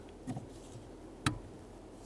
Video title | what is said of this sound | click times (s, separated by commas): How to Replace Brake Light Switch 2006-2014 Honda Ridgeline | We're going to push it in just till that button engages. | 1.3 s